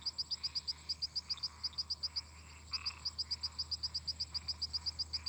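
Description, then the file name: Toads calling in rapid high clicking pulses, a steady train with one short pause, over a faint steady hum. Toads singing in a marsh. "Sapos cantando no brejo"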